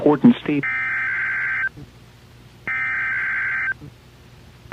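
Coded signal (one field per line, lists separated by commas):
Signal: Emergency Alert System (SAME) tones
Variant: header bursts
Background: speech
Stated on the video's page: Live EAS tones from required weekly tests.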